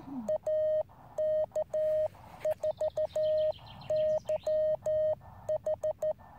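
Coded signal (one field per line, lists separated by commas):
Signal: Morse code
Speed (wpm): 13 wpm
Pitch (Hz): 620 Hz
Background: none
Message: AK4YH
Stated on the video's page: CW contact attempt with a 2 W transceiver on 30 m using a shortened 3.3 m antenna.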